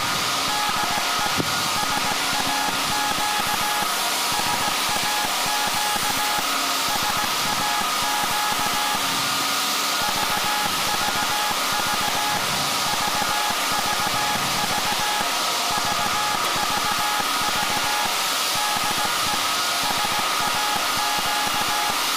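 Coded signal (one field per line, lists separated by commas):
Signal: Morse code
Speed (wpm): 17 wpm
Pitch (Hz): 840 Hz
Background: none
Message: DE SAQ SAQ SAQ VVV VVV VVV DE SAQ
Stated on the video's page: Historical SAQ Grimeton transmission from the 1924 Alexanderson alternator, live on Alexanderson Day.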